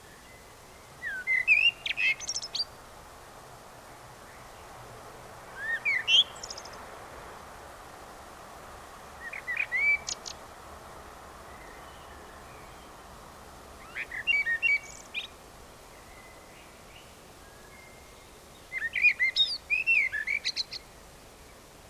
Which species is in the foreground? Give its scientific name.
Turdus merula